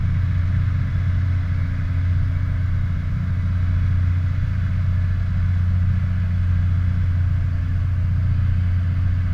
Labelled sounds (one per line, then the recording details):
machinery
flare stack
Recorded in the Prudhoe Bay oil fields, Alaska, on 16 August 2019 at 01:48
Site 29